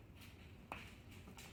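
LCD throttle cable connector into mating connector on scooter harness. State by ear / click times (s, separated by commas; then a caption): seated / 0.7 s. An LCD throttle cable connector on an EVOLV Tour 2.0 / Tour XL scooter is lined up by its arrows with the mating connector on the scooter harness and pushed together. A short, sharp click at 0.7 s marks the halves latching, with a softer, longer noise at 1.4 s against quiet background handling sounds. The connector is seated.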